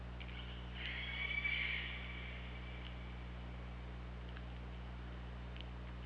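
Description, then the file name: Orca pulsed call, one bright buzzy call lasting about a second over a constant low underwater hum. Recorded by OrcaLab hydrophone underwater, 24 August 2017, around 19:00. "Orca Lab UTLN JASON 20170824 190028"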